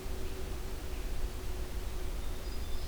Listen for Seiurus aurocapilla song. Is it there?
no